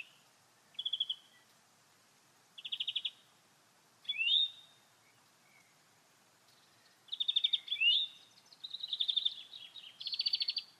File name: Chloris chloris